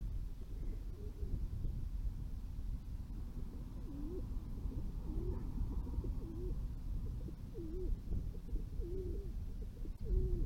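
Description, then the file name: Dove cooing, soft low rolling coos repeated at irregular intervals over a steady heavy low rumble. Several doves cooing at a railway station square in Kaluga, Russia, recorded 28 July 2020. "Doves cooking at square of Kaluga-2 rail station"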